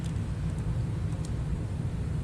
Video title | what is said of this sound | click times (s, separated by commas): 2009 Altima running rough and smoking | yep it does not want to click in | none